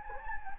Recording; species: mosquito wingbeat signal from an infrared sensor; Anopheles gambiae